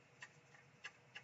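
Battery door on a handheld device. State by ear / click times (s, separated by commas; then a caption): seated / 0.9 s. A battery door on a handheld device that would not stay closed, apparently because it wasn't snapped into place, is pressed shut by hand. Small clicks come at about 0.2, 0.6 and 1.2 seconds, with the firmest click at 0.9 s as the door snaps closed. The door is seated and now stays shut.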